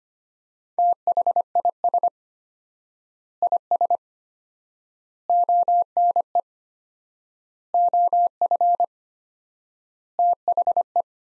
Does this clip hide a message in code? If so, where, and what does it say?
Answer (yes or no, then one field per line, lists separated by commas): yes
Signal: Morse code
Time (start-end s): 0.8-11.0 s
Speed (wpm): 25 wpm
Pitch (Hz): 700 Hz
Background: none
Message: THIS IS ONE OF THE